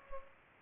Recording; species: mosquito wingbeat signal from an infrared sensor; Culex pipiens